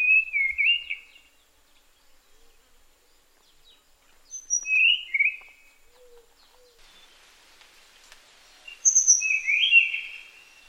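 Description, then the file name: Tanahjampea blue flycatcher singing three short whistled phrases of warbled notes, spaced several seconds apart. "sikatan tanahjampea"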